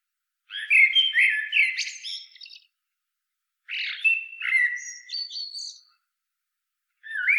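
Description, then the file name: Common blackbird song of two leisurely phrases, each mellow fluted notes closed by a squeaky high twitter, and a third starting at the end. "Turdus merula"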